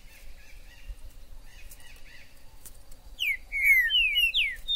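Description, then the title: Green-winged saltator: faint, soft notes at first, then a saltator-like phrase of loud, clear whistles sliding downward near the end. Trinca-ferro in the forest, chirping, singing and acting male in a song dispute, described as a 'major' singer; meant to stir up a pet saltator. "Esse VÍDEO de TRINCA FERRO no MATO vai DEIXAR seu TRINCA LOUCO!! Trinca ferro MAJOR no MATO!!"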